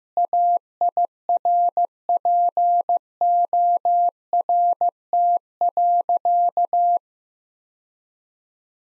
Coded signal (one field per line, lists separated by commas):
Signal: Morse code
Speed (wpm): 16 wpm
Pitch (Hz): 700 Hz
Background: none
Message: AIRPORT.